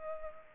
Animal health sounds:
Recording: mosquito wingbeat signal from an infrared sensor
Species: Culex pipiens

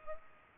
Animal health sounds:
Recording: mosquito wingbeat signal from an infrared sensor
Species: Culex pipiens

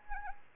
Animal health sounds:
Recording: mosquito wingbeat signal from an infrared sensor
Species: Anopheles arabiensis

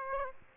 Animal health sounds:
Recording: mosquito wingbeat signal from an infrared sensor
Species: Aedes aegypti

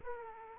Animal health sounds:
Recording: mosquito wingbeat signal from an infrared sensor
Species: Aedes aegypti

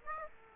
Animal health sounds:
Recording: mosquito wingbeat signal from an infrared sensor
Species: Aedes aegypti

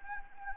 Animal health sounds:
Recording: mosquito wingbeat signal from an infrared sensor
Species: Anopheles gambiae

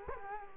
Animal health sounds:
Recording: mosquito wingbeat signal from an infrared sensor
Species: Culex quinquefasciatus

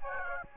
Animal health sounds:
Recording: mosquito wingbeat signal from an infrared sensor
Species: Aedes aegypti

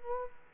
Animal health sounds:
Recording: mosquito wingbeat signal from an infrared sensor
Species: Culex quinquefasciatus

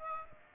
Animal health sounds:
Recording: mosquito wingbeat signal from an infrared sensor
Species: Aedes aegypti

